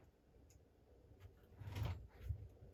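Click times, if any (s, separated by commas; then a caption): none. A metal pop clip is handled and pushed toward the end of a titanium brace pin on the front brace of an Outcast 8S RC car, giving soft scrapes and light metallic taps. It then builds to a louder rubbing and clicking scuffle around 1.6 to 2.3 seconds. Nothing has seated or clicked into place yet.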